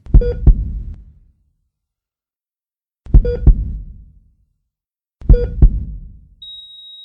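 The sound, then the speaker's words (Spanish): A heartbeat sound effect marking the heart of José Luis Gavira González, founder of Radio Iscanal, stopping on 3 May 2011: three loud, deep double thumps with slow, slightly uneven spacing, followed by a steady high-pitched electronic tone that holds to the end. No one speaks. “Los latidos del corazón de José Luis Gavira González se detuvieron.”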